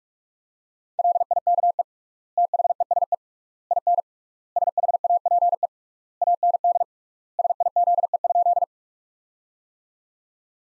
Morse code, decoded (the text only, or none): LIKE THESE IN SHAPE AND SIZE?